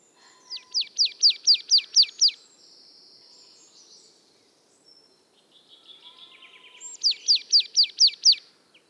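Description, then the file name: Marsh Tit giving two quick series of about seven high, downslurred notes, separated by softer buzzy, hissing notes in the middle. "Poecile palustris"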